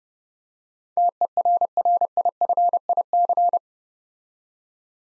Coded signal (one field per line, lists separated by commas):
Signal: Morse code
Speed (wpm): 30 wpm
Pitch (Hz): 700 Hz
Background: none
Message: TERRIFIC